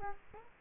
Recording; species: mosquito wingbeat signal from an infrared sensor; Culex quinquefasciatus